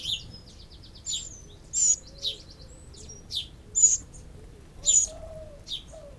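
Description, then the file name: Eurasian wren calling with sharp, high ticking notes and short downward sweeps, including a brief rapid ticking run near the start; faint lower whistles behind. "Troglodytes troglodytes"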